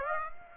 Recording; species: mosquito wingbeat signal from an infrared sensor; Aedes aegypti